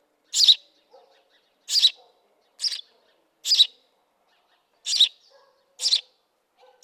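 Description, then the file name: House sparrow giving loud, harsh chirps, single or doubled, repeated about once a second with short pauses, and faint low notes between them. "Passer domesticus"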